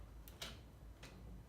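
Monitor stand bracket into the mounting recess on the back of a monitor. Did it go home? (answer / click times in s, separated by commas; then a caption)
no / none. A monitor stand's mounting bracket is handled at the recess on the back of an MSI Optix MPG27C curved monitor, giving short handling ticks and knocks near 0.3, 0.4 and 1.0 seconds. Nothing has seated or clicked into place yet.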